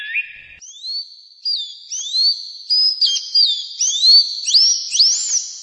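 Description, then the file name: Bird song opening with a lower whistled note, then climbing into high rising and falling whistled slurs repeated over several seconds. "Passaros"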